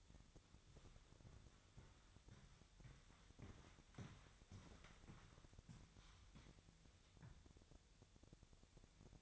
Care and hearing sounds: daily activity, microphone in the room; walk to room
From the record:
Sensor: 3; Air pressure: 999.4 hPa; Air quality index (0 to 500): 195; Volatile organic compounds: 42 ppm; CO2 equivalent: 3188 ppm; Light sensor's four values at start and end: 8/20/8/8 and 8/20/8/8

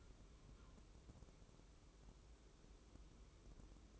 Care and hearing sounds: daily activity, microphone in the room; take from stove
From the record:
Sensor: 1

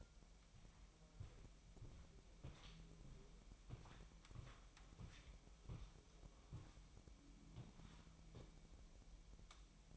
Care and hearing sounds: daily activity, microphone in the room; walk to room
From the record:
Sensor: 1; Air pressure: 1002.0 hPa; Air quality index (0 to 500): 247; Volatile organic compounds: 52 ppm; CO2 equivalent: 3320 ppm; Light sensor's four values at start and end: 8/19/8/9 and 8/18/7/8

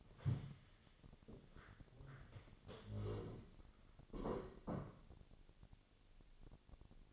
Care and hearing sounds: daily activity, microphone in the room; stand up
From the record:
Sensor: 4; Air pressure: 1001.3 hPa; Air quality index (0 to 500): 183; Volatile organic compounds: 2 ppm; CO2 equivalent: 1310 ppm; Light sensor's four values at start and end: 14/32/13/13 and 14/32/13/13

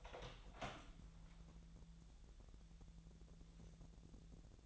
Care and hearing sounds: daily activity, microphone in the room; open door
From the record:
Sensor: 3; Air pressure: 1001.4 hPa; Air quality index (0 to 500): 248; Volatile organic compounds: 146 ppm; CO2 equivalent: 4006 ppm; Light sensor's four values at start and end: 13/31/13/13 and 13/31/13/13

